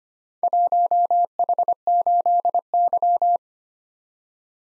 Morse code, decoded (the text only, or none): 1H8Y